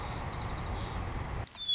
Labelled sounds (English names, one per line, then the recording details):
White-crowned Sparrow
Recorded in Sonoma County, California